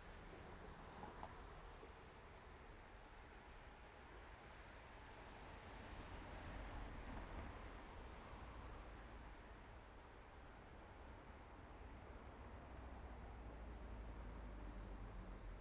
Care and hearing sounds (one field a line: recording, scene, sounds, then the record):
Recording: everyday scene through a hearing-aid microphone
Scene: in traffic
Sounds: traffic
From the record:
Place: main road on the outskirts, rush hour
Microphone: behind the ear, left, front